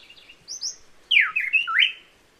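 Buff-breasted wren song: clear whistled notes, then loud slurred phrases that sweep down and back up, in a quiet setting.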